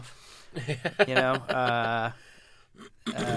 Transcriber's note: soundbite of laughter